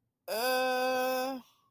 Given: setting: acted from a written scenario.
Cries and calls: vocal sound without words; embarrassment

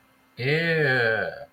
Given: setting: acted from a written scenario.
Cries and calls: vocal sound without words; disgust

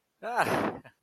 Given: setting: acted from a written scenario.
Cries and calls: vocal sound without words; elation

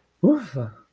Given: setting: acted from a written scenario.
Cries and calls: vocal sound without words; relief

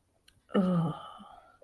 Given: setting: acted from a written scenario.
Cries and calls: vocal sound without words; desire

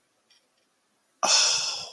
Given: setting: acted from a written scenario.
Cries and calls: vocal sound without words; awe

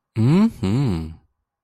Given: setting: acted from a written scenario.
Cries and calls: vocal sound without words; desire

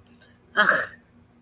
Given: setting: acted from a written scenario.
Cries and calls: vocal sound without words; disgust

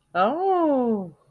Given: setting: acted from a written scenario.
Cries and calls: vocal sound without words; romantic love

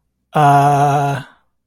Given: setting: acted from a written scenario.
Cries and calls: vocal sound without words; confusion

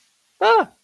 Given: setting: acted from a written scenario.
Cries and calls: vocal sound without words; negative surprise

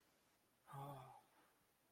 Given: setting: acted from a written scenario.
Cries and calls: vocal sound without words; disappointment

